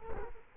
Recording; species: mosquito wingbeat signal from an infrared sensor; Culex quinquefasciatus